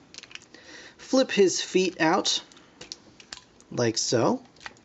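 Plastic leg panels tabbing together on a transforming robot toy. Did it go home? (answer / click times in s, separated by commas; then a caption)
no / none. Plastic leg panels on a Transformers Masterpiece Ironhide MP-27 transforming robot toy are handled and pressed together so their tabs will lock, with light plastic taps and rattles heard while someone talks. Nothing has seated or clicked into place yet.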